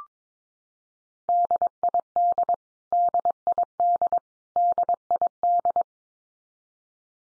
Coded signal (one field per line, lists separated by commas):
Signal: Morse code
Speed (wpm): 22 wpm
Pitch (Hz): 700 Hz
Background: none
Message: DID DID DID